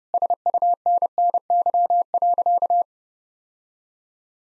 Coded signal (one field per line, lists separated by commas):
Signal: Morse code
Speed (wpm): 32 wpm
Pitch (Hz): 700 Hz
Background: none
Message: SUNNY.